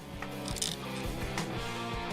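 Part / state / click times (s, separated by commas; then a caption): plastic part going onto a mobile suit model kit assembly / not seated / none. A small plastic part is pushed down onto a Bandai Real Grade 1/144 Gundam GP01Fb Full Burnern mobile suit model kit assembly, trying to get it to lock on, over background music. Several small plastic taps are heard around 0.2, 0.5, 0.6, 0.7 and 1.4 seconds. The part fails to lock on, and nothing has seated or clicked yet.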